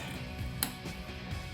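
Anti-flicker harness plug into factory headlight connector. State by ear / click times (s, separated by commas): seated / 0.6 s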